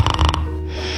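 A brief, fluttering acted snore from an adult asleep after taking flu medicine, trailing into a low, steady background hum.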